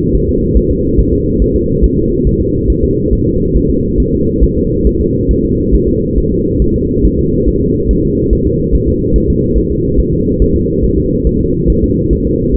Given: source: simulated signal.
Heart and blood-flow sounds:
fetal heart sounds
0.15 s: S1
0.29 s: S2
0.57 s: S1
0.71 s: S2
1.00 s: S1
1.13 s: S2
1.42 s: S1
1.56 s: S2
1.84 s: S1
1.98 s: S2
2.27 s: S1
2.41 s: S2
2.70 s: S1
2.84 s: S2
3.13 s: S1
3.27 s: S2
3.57 s: S1
3.70 s: S2
4.00 s: S1
4.14 s: S2
4.44 s: S1
4.57 s: S2
4.87 s: S1
5.01 s: S2
5.31 s: S1
5.45 s: S2
5.75 s: S1
5.88 s: S2
6.18 s: S1
6.32 s: S2
6.62 s: S1
6.76 s: S2
7.05 s: S1
7.19 s: S2
7.48 s: S1
7.62 s: S2
7.91 s: S1
8.05 s: S2
8.33 s: S1
8.47 s: S2
8.75 s: S1
8.88 s: S2
9.16 s: S1
9.30 s: S2
9.58 s: S1
9.72 s: S2
10.00 s: S1
10.13 s: S2
10.42 s: S1
10.56 s: S2
10.84 s: S1
10.98 s: S2
11.27 s: S1
11.41 s: S2
11.70 s: S1
11.84 s: S2
12.13 s: S1
12.27 s: S2
12.56 s: S1
From the record:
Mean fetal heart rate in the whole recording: 140 bpm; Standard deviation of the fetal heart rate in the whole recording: 2 bpm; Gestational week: 34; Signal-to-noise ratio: -10.2 dB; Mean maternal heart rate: 72 bpm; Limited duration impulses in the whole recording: present

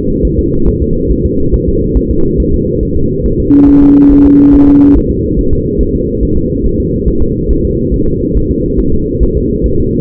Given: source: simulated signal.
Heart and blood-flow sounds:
fetal heart sounds
0.25 s: S1
0.39 s: S2
0.68 s: S1
0.82 s: S2
1.12 s: S1
1.26 s: S2
1.54 s: S1
1.68 s: S2
1.97 s: S1
2.11 s: S2
2.40 s: S1
2.54 s: S2
2.83 s: S1
2.97 s: S2
3.26 s: S1
3.40 s: S2
3.69 s: S1
3.83 s: S2
4.12 s: S1
4.26 s: S2
4.54 s: S1
4.69 s: S2
4.97 s: S1
5.11 s: S2
5.39 s: S1
5.53 s: S2
5.81 s: S1
5.95 s: S2
6.23 s: S1
6.37 s: S2
6.66 s: S1
6.80 s: S2
7.08 s: S1
7.22 s: S2
7.51 s: S1
7.65 s: S2
7.94 s: S1
8.08 s: S2
8.37 s: S1
8.51 s: S2
8.80 s: S1
8.94 s: S2
9.23 s: S1
9.37 s: S2
9.66 s: S1
9.80 s: S2
From the record:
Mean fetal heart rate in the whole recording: 140 bpm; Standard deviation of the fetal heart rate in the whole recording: 2 bpm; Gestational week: 34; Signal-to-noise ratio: -16.4 dB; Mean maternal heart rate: 72 bpm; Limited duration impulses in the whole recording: present

